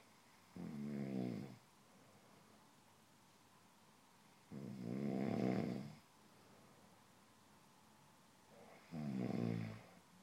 Snoring.